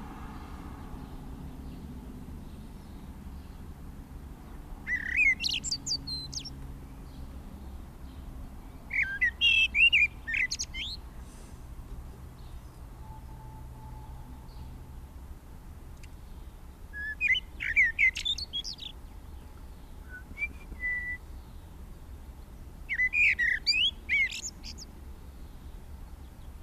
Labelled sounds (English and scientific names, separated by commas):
Common Blackbird (Turdus merula) song